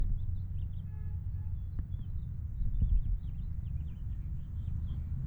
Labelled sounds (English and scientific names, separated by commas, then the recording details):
House Finch (Haemorhous mexicanus) song
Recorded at Wantagh on Long Island, New York, on 21 May 1975
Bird E